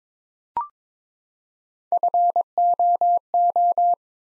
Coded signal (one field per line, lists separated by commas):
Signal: Morse code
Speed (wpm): 22 wpm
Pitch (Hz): 700 Hz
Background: none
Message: FOO